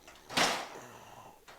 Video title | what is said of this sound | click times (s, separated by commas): Repurposing an Old Pickup Tailgate | it l it locks into place | 0.4 s